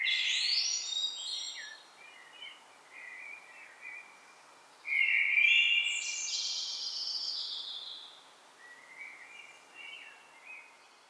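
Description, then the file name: Common blackbird: loud high notes at the start, soft twittering fragments, a loud broad burst near the middle, then more soft twittering. "Turdus merula"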